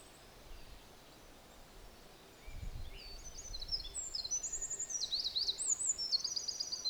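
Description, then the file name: Olive-backed Pipit song with high, thin trilled phrases and buzzy sweeps building up after a quiet opening, with a low rumble in the middle. Recorded at Mt Hinoki. "Indian Tree Pipit At Mt Hinoki"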